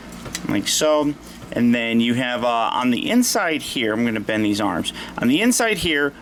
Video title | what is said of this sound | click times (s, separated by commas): Transformers Studio Series 42 Voyager Class LONG HAUL Video Review | this is gonna come up lock into place on the back like | 0.3 s